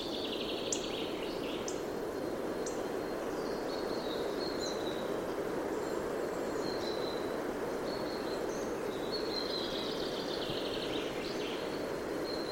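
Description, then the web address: Birds giving sharp high clicks and thin whistled notes, a few quick strokes early then drawn-out whistles, over a continuous rushing background noise. "cianscape birddata Deverinetal 2025 File origin Bird Only"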